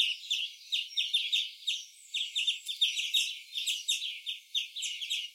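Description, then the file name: European greenfinch twittering with a run of short chirps repeated several times a second. "Chloris chloris"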